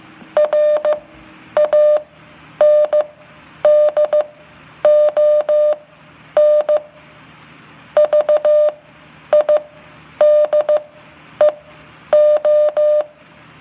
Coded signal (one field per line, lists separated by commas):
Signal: Morse code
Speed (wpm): 15 wpm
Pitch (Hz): 600 Hz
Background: none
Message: RANDON VIDEO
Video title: Morse code